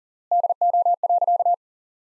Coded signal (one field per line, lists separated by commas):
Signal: Morse code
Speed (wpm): 40 wpm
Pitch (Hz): 700 Hz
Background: none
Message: DO.